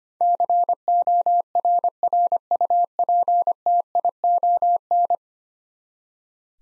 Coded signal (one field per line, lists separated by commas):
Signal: Morse code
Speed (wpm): 25 wpm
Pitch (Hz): 700 Hz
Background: none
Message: CORRUPTION